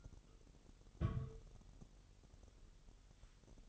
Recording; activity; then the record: daily activity, microphone in the room; place on stove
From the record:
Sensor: 4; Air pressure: 989.1 hPa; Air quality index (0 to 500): 210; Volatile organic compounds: 59 ppm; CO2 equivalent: 3406 ppm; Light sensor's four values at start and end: 29/99/37/38 and 29/99/36/38